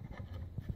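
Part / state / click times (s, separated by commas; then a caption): ink cartridge into inkjet date coder / not seated / none. An inkjet ink cartridge is handled at an inkjet date coder, held by its lower part with the nozzle end going in first. Low, dull knocks and handling sounds are heard, with short bumps around 0.2 s and 0.8 s. Nothing has seated or clicked yet.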